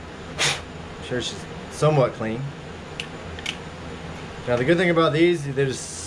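A new bearing is handled by hand at a plastic wheel of a Polaris 380 pool cleaning robot while someone talks, with a few short sharp ticks around 3.0 and 3.5 seconds. The bearing has not snapped into the wheel yet, and nothing has seated or clicked by the end of the clip.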